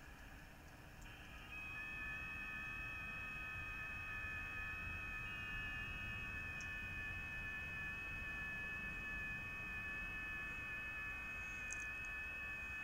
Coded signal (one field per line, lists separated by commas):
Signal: FT8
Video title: [SWL] Eton G6 Aviator + FT8CN portable 28 MHz